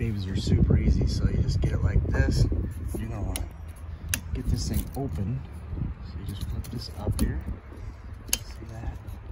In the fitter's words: actually clicks into place so it's better with two